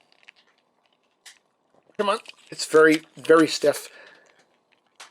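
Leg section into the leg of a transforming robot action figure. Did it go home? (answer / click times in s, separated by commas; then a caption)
yes / 5.0 s. A plastic leg section of a transforming robot action figure is extended and pushed up into the figure's leg, with small plastic ticks early on while someone talks about how stiff it is. The section finally clicks into place at 5.0 s.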